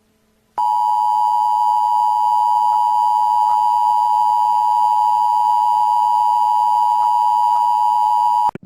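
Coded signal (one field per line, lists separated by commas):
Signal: Emergency Alert System (SAME) tones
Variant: 853 and 960 Hz attention tone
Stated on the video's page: Fictional EAS scenario about an ancient evil turning people into zombies.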